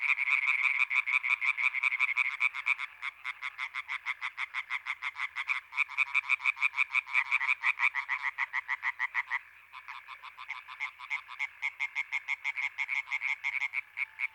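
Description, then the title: European tree frog chorus, fast raspy croaks repeated about three per second by overlapping frogs, forming a steady grating rattle with small breaks. Chorus with intense activity at Étang des Marguilliers pond in Sologne, France, recorded 21 May 1993, one hour after nightfall. "Choeur de rainettes en Sologne"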